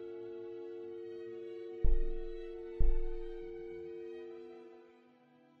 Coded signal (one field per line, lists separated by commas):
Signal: telephone call progress tone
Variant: UK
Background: music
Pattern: dial tone